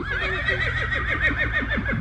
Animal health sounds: contact call of a hoofed animal; Przewalski's horse; whinny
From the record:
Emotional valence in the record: negative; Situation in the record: group separation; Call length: 2.0 s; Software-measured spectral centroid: 1880 Hz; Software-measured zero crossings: 2670 a second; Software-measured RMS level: -24 dBFS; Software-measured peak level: -11 dBFS

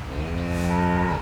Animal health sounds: contact call of a hoofed animal; cattle; low-frequency (closed-mouth) or high-frequency (open-mouth) call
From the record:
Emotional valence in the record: negative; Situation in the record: full separation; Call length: 1.22 s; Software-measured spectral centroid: 2090 Hz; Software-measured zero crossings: 1420 a second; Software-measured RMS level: -24 dBFS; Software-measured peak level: -10 dBFS

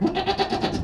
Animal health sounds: contact call of a hoofed animal; goat; low-frequency (closed-mouth) or high-frequency (open-mouth) call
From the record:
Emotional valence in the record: negative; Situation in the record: food frustration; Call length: 0.84 s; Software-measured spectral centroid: 2120 Hz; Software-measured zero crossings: 1900 a second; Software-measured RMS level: -24 dBFS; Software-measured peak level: -9 dBFS

